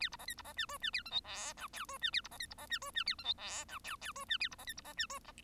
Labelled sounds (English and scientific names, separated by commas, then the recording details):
Bengalese Finch (Lonchura striata domestica) song
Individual Bird1